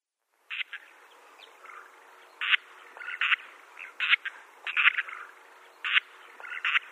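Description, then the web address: Sociable lapwing flock giving short grating chattering calls, several birds overlapping at uneven intervals, with a faint constant hum underneath. "Schulze Peter Sociable Lapwing flock calls"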